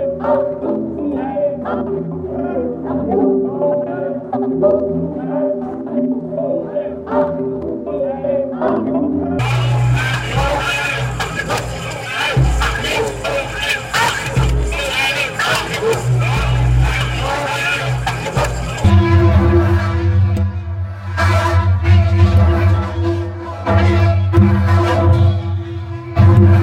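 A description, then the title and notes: Voices from a Finnish demonstration, used like drums: quick, steady percussive pulses over low sustained droning tones. The sound shifts abruptly at about 9 and 19 seconds, first into a brighter, denser crowd-like wash, then back to heavy low drones with rapid beats. The field recording documents a Finnish demonstration about Russian expansionist aggression. Finnish voices are raised in chants of protest. This sound exploration uses the field recording of Finnish protest to create a unique set of drums that utilise rhythm, excitation and resonance.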